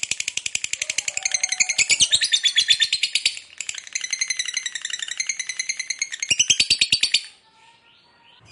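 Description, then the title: Lovebird song: fast, shrill, scratchy chattering in two long bursts separated by a short gap, then falling quiet in the last second. Lovebird kept as a fighter bird, singing energetically (gacor). "SUARA Lovebird FIGHTER GACOR"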